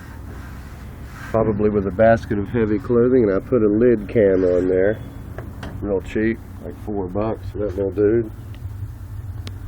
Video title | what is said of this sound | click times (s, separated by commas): Hear it clicking? Yeah, | 9.5 s